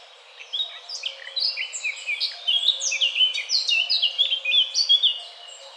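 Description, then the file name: Eurasian blackcap giving a varied, fast warble of high chirps and downslurred whistles. "Sylvia atricapilla"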